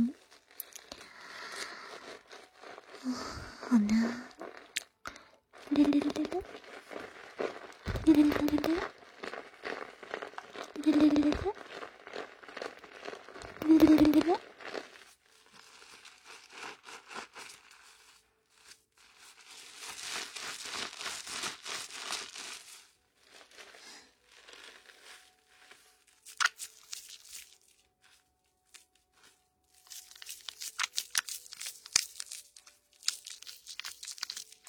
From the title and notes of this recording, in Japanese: 在鹿姐姐的洗发店！泡沫、水の音。